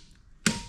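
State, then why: Torque reached. A 3/4" drive click-type torque wrench is stepped on to tighten a steel lug nut on an RV wheel. After quiet low rumble, it breaks over with a single sharp, bright click at 0.5 s that rings briefly and fades. The wrench has reached its torque setting.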